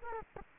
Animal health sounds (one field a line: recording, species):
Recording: mosquito wingbeat signal from an infrared sensor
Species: Culex quinquefasciatus